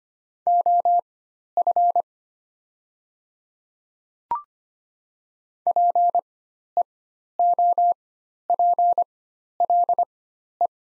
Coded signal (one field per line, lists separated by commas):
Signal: Morse code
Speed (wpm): 25 wpm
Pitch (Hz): 700 Hz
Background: none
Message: OF PEOPLE